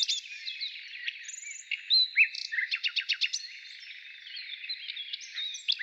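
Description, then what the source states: Nightingale song: varied phrases of whistles and chirps, with a burst of fast, loud repeated pulses in the middle and a high buzzy trill early on. Heard in the morning.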